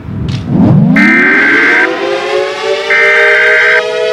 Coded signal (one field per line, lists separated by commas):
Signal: Emergency Alert System (SAME) tones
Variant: header bursts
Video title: EAS Scenario #2 - Radioactive Zombies (Part Two)